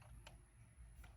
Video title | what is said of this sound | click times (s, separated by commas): BLACK+DECKER 20V String Trimmer - Unboxing, Assembly, & Review [Model: LST522] | You can unlock it | 0.3 s